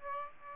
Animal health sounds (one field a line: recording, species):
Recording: mosquito wingbeat signal from an infrared sensor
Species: Aedes aegypti